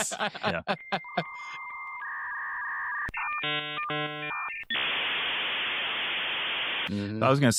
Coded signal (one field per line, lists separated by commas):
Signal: dial-up modem handshake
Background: speech